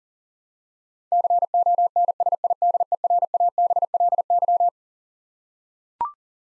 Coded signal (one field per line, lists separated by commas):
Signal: Morse code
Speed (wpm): 40 wpm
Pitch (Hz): 700 Hz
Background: none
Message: CONSIDERABLY